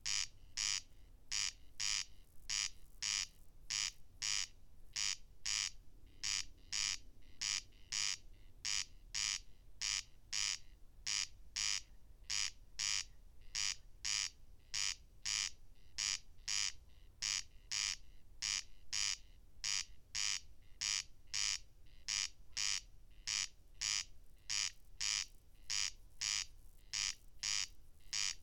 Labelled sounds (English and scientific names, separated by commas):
Corn Crake (Crex crex) song